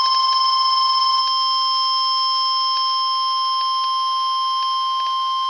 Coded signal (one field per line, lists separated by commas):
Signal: Emergency Alert System (SAME) tones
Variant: 1050 Hz attention tone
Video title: Severe T-Storm Watch 332 | EAS #80